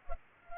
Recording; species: mosquito wingbeat signal from an infrared sensor; Culex pipiens